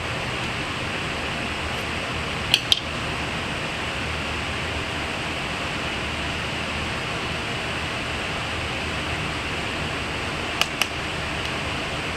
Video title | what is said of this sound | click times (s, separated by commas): WaterWick 1 05GL | you can hear the click just like on the Gerber if it goes in right you'll be able to hear it click as it goes through the plastic | 2.5 s, 2.7 s, 10.6 s, 10.8 s